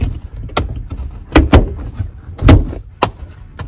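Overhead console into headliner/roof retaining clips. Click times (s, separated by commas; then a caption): 0.6 s, 3.0 s. An overhead console on an F150 truck, now fitted with a plastic switch panel, is pushed up by hand into its plastic retaining clips on the roof. A series of sharp, loud plastic hits and knocks is heard, with clips snapping home at 0.6 s and 3.0 s. The console ends up snapped into place.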